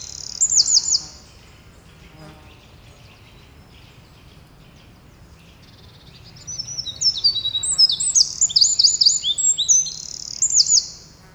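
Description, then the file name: Eurasian wren song: a short high trilled burst, a few seconds of quiet, then a long, rapid, very high cascade of trills and sharp notes. "Troglodytes troglodytes"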